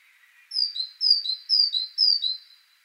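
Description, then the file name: Great tit singing four clear two-note phrases, each a high whistle stepping down to a lower one, in an even rhythm about twice a second. "Parus major"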